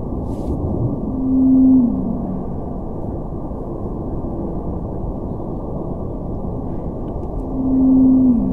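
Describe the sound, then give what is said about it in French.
Two long, steady tonal whale calls, sped up, hum over a constant rumbling noise floor, one early and one near the end, each a smooth sustained low tone with a slight downward slide. “Là, on vient d'entendre deux vocalises de baleines bleues antarctiques.”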